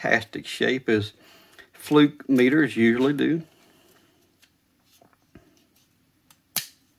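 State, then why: Seated. Someone talks, then the LCD/backlight display assembly of a Fluke 87 handheld digital multimeter is pressed back into its plastic housing with the backlight pins lined up. A few faint taps follow, and then a sharp snap at 6.6 s as the display assembly seats in place.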